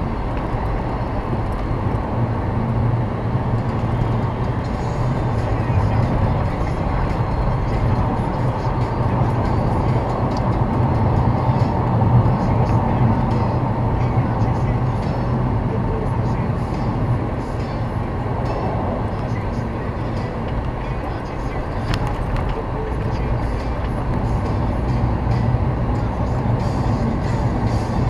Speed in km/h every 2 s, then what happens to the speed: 87, 87, 93, 96, 93, 89, 77, 72, 70, 68, 67, 70, 73, 75.
0-6 speeds up to 96. 6-17 slows to 68.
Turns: none.